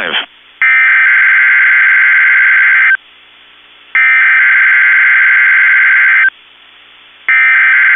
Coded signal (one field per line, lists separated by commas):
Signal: Emergency Alert System (SAME) tones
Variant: header bursts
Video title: KEC65 Required Weekly Test (EAS #162) (12-30-2020)